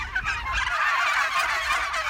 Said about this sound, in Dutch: Ja, wij woonden vroeger in Goes op een dijk. En achter de dijk was een weiland met kalkoenen. Dus dit geluid was er altijd. Dus als ik kalkoenen hoor, wat niet zo vaak is.